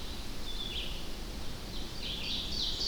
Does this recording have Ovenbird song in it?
yes